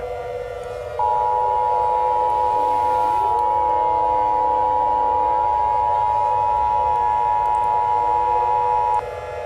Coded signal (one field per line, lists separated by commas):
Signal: Emergency Alert System (SAME) tones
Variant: 853 and 960 Hz attention tone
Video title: EAS Scenario: The End of the World from CaseOH